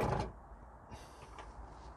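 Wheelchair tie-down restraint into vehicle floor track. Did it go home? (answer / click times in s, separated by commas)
no / none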